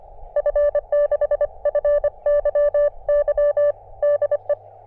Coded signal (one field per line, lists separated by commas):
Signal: Morse code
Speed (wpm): 25 wpm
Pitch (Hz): 590 Hz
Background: none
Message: F6FYY DE